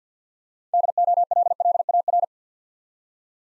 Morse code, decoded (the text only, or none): DOLLAR